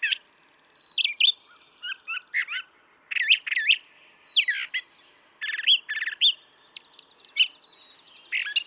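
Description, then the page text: Brown thrasher singing a sequence of distinct phrases: a long buzzy trill, then varied whistled slurs and harsh notes, with short pauses between groups. Same male recorded over about three and a quarter hours; long song sequence with a repertoire estimated at about 1300 songs; Atlanta, Michigan, March 28, 2017. "Brown thrasher. ♫411. March 28, 2017. Atlanta, Michigan"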